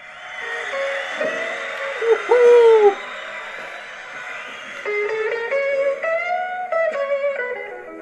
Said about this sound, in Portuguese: Eu ouvi um passarinho.